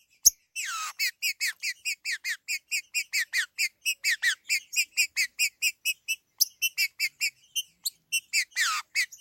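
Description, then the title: Green-winged saltator giving a long, very regular series of short buzzy chirps, about two per second, with downward slurs near the start and end. "Trinca Ferro"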